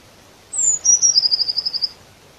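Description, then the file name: Eurasian blue tit calling: a high thin whistle falling in pitch, followed by a rapid trill of evenly spaced short notes lasting about a second. "Cyanistes caeruleus"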